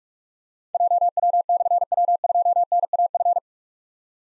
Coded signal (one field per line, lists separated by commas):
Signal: Morse code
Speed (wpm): 44 wpm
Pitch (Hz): 700 Hz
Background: none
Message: JW/W2NAF